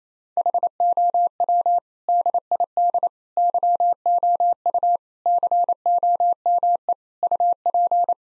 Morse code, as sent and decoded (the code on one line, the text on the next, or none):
.... --- .-- / -.. .. -.. / -.-- --- ..- / -.-. --- -- . / ..- .--.
HOW DID YOU COME UP